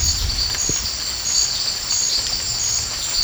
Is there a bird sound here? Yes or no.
no